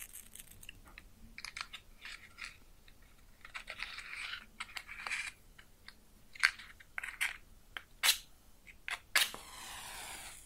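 A match is lit up close, with dry crackles and sharp snaps scattered throughout, louder pops near six, eight and nine seconds, then steady sizzling.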